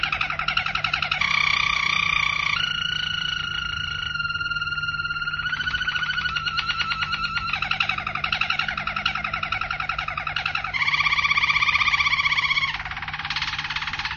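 Domestic canary singing continuous rolling tours and pulsed trills, switching pitch between phrases, with no pause.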